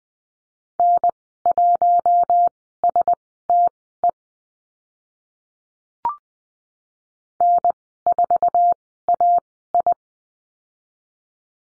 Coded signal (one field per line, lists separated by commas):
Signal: Morse code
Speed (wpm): 19 wpm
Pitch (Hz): 700 Hz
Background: none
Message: N1STE N4AI